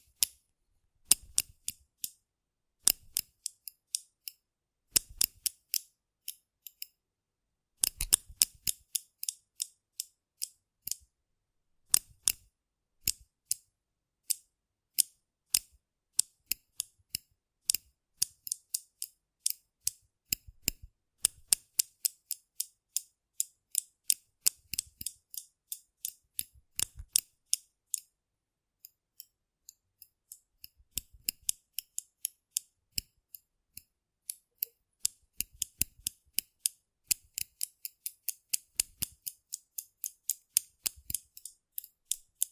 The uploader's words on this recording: ASMR Rough Brain Cleaning and Picking (No Talking).